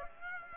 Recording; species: mosquito wingbeat signal from an infrared sensor; Aedes aegypti